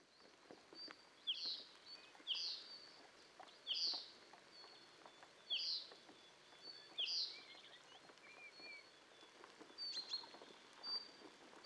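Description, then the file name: Common chaffinch giving short, sharp, slightly bent high calls, five repeated at irregular intervals of one to two seconds, over soft crackling and patter in the background. "Fringilla coelebs"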